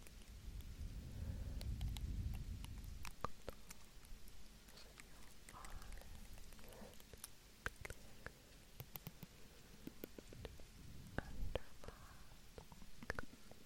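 Soft, unintelligible whispering layered over a fluffy microphone being brushed, producing a low, muffled rumble that swells strongly in the first three seconds and returns faintly later. Frequent sharp little clicks and mouth sounds pop up throughout.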